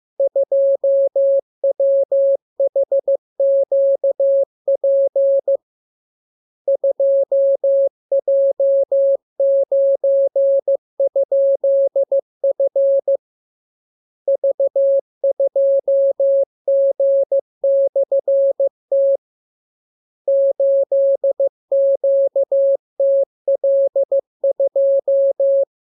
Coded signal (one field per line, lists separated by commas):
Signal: Morse code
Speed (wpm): 15 wpm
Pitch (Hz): 550 Hz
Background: none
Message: 2WHQP 2J9?F V2G/T 8QTL2